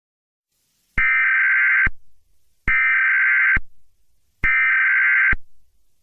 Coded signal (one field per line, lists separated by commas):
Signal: Emergency Alert System (SAME) tones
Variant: header bursts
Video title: EAS Scenario #19: ALCATRAZ: the Ship of Theseus.